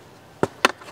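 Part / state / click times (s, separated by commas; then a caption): plastic tool-carry clip into its mounting plate / seated / 0.4 s, 0.6 s. A plastic ToughBuilt Clip Tech tool-carry clip is pushed onto its mounting plate and locks in with two sharp clicks at about 0.4 s and 0.7 s, the second one louder. It seats with a firm, solid click.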